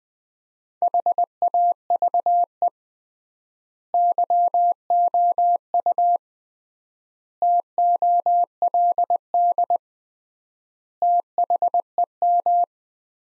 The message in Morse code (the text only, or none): HAVE YOU TOLD THEM